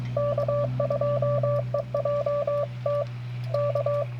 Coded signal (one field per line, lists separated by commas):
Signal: Morse code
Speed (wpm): 22 wpm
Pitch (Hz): 560 Hz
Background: none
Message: K2EJT K